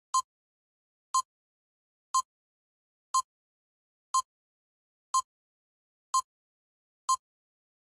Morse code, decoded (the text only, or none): none